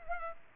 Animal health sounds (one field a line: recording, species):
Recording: mosquito wingbeat signal from an infrared sensor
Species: Culex pipiens